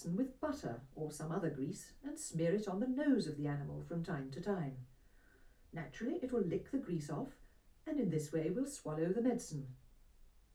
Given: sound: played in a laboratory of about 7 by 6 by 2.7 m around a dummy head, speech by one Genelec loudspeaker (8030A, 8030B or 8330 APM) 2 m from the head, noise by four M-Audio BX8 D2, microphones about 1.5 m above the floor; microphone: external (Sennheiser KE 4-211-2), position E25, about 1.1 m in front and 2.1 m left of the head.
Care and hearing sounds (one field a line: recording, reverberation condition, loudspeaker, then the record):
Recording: female speech in English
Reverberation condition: low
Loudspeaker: 120 degrees to the right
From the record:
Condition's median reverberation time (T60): about 310 ms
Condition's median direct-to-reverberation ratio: about 3.5 dB